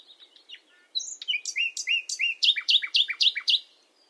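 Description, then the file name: Common nightingale song: soft opening notes, then a loud run of paired, sharply down-slurred whistles repeated about four times a second, ending abruptly. "Luscinia megarhynchos"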